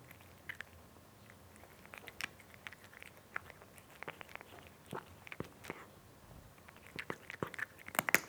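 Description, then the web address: Cat eating, quick crunchy bites and chewing ticks, growing louder toward the end. Domestic cat eating, described as a nice crunchy sound. "BBC Sound Effects Library Cats Cat Eating (Nice Crunchy Sound)"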